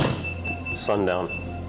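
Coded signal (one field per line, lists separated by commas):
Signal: none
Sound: a quiz show buzzer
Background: speech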